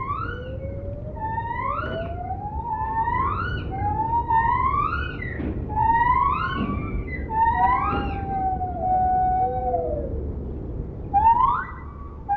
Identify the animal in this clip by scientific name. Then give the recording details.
Hylobates lar. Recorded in captivity. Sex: diverse. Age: adult. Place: Tierpark Berlin, Berlin, DE. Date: 1975-12-26. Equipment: Uher CR 210, Verstärker, Sennheiser MD 421 HL, Kopie Uher Variocord. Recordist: Tembrock, Günter